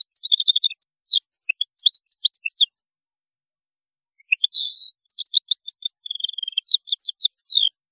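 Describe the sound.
European goldfinch song: lively high twittering phrases with a buzzy rasp, a pause, then a renewed sequence ending in a downslurred note.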